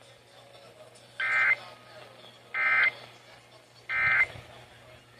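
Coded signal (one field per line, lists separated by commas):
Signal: Emergency Alert System (SAME) tones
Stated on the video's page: Required Monthly Tests and a Required Weekly Test.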